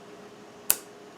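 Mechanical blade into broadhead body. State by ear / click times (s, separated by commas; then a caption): seated / 0.7 s. A spring-loaded mechanical blade on a metal arrow broadhead is pushed back into its closed position. A single sharp, bright click sounds at 0.7 s over quiet background hiss, and the blade is seated back in the broadhead body.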